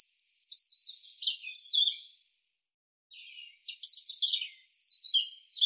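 European robin singing high, tumbling phrases of trills and thin whistles, a short pause, then more varied, sweet, jumbled phrases; no other sounds.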